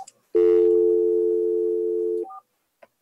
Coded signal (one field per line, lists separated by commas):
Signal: telephone call progress tone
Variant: North America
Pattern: dial tone